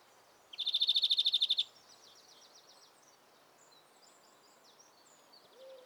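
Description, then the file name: European greenfinch with a loud, fast trill of evenly spaced high notes, followed by softer twittering in the background. "Chloris chloris"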